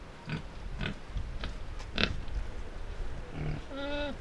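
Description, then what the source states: Pig giving several quick, harsh grunts, then a brief tonal whining squeal near the end, over a low rushing background. Two pigs grunting and squealing by a river in Iruya, Northwest Argentina.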